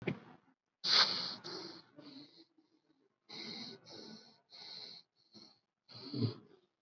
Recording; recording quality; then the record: shallow breathing; excellent, no background noise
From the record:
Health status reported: COVID-19 positive, mild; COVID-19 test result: positive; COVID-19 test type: RT-PCR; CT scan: taken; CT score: 9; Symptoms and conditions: cough, cold, sore throat, fever, fatigue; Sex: male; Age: 35 years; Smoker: no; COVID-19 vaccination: one dose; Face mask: worn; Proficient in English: yes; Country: India